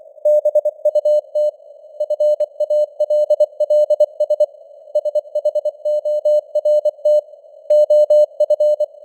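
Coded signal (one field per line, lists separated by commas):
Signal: Morse code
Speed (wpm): 24 wpm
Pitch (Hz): 600 Hz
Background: none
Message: BUT FALLS SHORT OF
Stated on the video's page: Morse news headlines at 24 wpm with simulated radio noise and varying signal strength (QSB).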